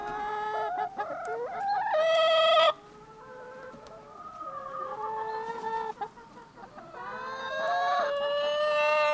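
Chicken clucking: a loud rising drawn-out call early, softer mixed clucks through the middle, then stronger harmonic calls returning at the end.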